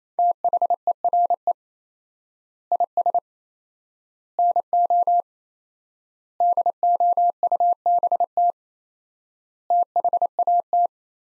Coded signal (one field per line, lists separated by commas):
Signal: Morse code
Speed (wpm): 27 wpm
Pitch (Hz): 700 Hz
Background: none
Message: THERE IS NO DOUBT THAT